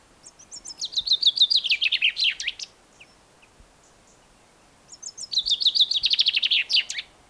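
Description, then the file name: Common chaffinch song: two descending rattling phrases of quick notes, each about two seconds long and ending in a brief flourish, separated by a pause of about two seconds. "Fringilla coelebs"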